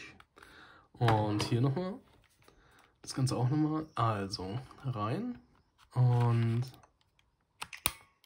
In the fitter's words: man weiß dann dass das eingerastet ist